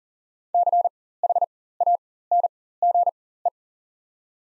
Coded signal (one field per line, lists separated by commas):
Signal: Morse code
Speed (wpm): 40 wpm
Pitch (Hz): 700 Hz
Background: none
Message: CHANGE